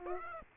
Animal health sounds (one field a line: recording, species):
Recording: mosquito wingbeat signal from an infrared sensor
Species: Aedes aegypti